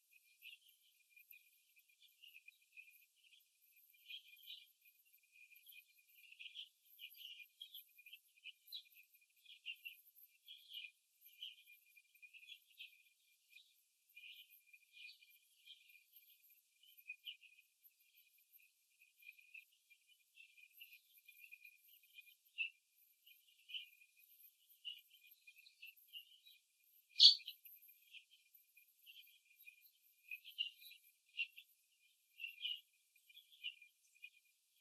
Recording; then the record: young laying hens in a cage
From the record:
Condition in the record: before the stressor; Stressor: simulated dog barking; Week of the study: 2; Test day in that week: 3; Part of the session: 3